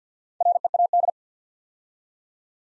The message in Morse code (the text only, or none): READ